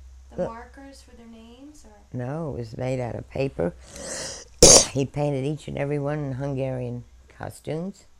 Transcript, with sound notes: uh—
The markers of for the names, or?
No. It was made out of paper. (she coughs) He painted each and every one in Hungarian costumes,